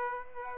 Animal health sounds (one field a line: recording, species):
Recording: mosquito wingbeat signal from an infrared sensor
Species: Aedes aegypti